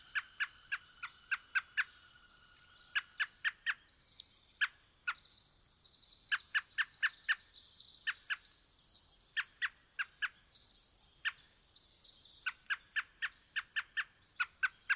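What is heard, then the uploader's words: Dawn birdsong in the Olympic forest: bursts of short, sharp, evenly spaced notes repeat in runs every couple of seconds. Behind them a dense, high, tumbling wren-like warble runs almost continuously, with occasional bright squeaky calls above. Twilight, Dawn, and Sunrise in the Olympic National Forest, on Rugged Ridge near Sitkum and Calawah Rivers. Species include: Western Screech Owl, Varied Thursh, Pacific Wren, American Robin.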